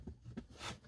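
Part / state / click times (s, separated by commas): wiring harness connector into multifunction camera module / not seated / none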